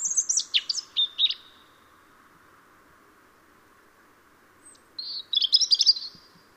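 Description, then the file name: European robin delivering a quick tumbling phrase of high notes, then silence for several seconds before a second sparkling, trilled phrase; soft continuous hiss underneath. "Erithacus rubecula"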